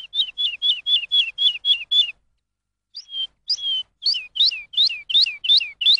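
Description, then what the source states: Lark singing a steady row of chirps, a short break with a drawn-out note, then upslurred chirps repeated rhythmically. Lark song used as a tutor for training songbirds.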